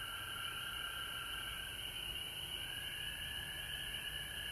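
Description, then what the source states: Frog chorus, constant overlapping trills forming a shrill steady wall of sound, accompanied by a high hiss and low background rumble. Recorded at home in Georgia on March 19, 2020.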